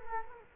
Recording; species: mosquito wingbeat signal from an infrared sensor; Culex quinquefasciatus